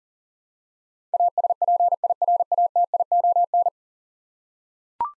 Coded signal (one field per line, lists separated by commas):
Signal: Morse code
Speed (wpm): 40 wpm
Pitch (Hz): 700 Hz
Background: none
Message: ASPIRATION